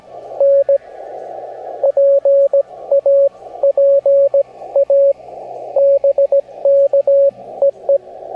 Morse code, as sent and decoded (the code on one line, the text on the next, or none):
-. / .--. / .- / .--. / .- / -... -.- / . .
N P A P A BK EE